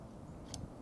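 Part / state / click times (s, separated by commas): wiper blade adapter into wiper arm / seated / 0.5 s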